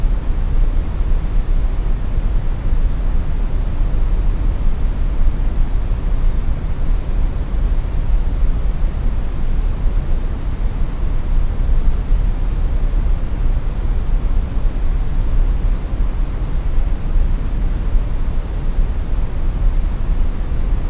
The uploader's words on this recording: GREY NOISE • A Variant of White Noise for Quiet Listening Levels.